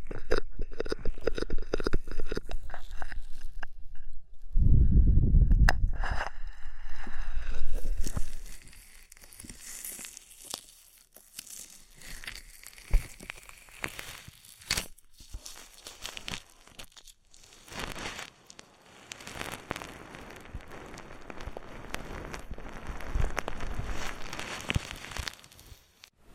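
Wet oil and foam ear massage sounds: crackling, crinkly rubbing with a loud low thump near five seconds, then softer fizzing, shifting textures.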